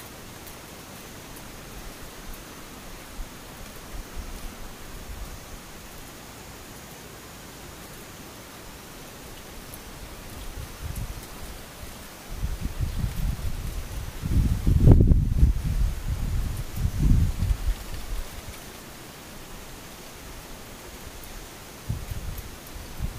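Soft, steady rain hisses, with a faint thin high tone running underneath throughout. From about twelve to eighteen seconds a low, rumbling buffet swells up, loudest near fifteen seconds, then settles back into the even patter.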